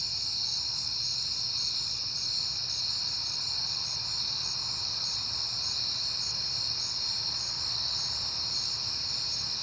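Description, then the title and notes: Crickets sustain a high, continuous chirping chorus over a soft low rumble. Crickets recorded at night in September, on a peaceful night. "Night Time: Crickets and Passing Cars. It is September and I have been hearing the crickets a lot, but finally had a peaceful night to make the recording"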